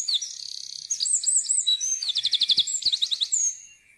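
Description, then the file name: Eurasian wren song, a loud rapid outpouring of high trills and sharp notes, including a fast rattling trill, continuous for about four seconds. "gjerdesmett"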